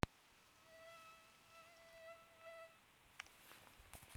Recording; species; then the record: mosquito flight sound by mobile phone; Aedes sierrensis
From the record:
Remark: free flight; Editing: field recording with all noises